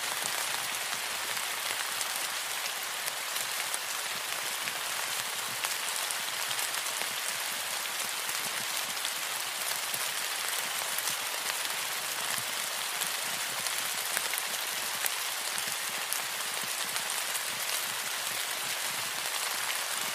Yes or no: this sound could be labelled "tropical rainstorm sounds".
yes